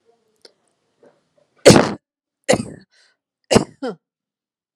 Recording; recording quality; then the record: heavy voluntary cough; excellent, no background noise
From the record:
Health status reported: COVID-19 positive, mild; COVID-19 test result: positive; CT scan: not taken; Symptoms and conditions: cold, fever, fatigue, hypertension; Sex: female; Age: 54 years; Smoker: no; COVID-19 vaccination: both doses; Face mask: not worn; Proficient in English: yes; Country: India